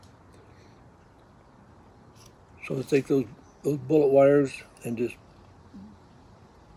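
Someone talks while taking the bullet-ended harness wires and lining them up at the contact socket of a Model A horn, ready to pop them in. Only the voice stands out over a quiet background, with no handling noise or impacts. No bullet terminal has seated or clicked yet.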